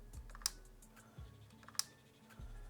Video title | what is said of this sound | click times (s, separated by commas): Do THIS to Install the AMD Radeon RX 9060 XT Graphics Card in your PC! | which releases the card so if I click here you hear a | 0.5 s, 1.8 s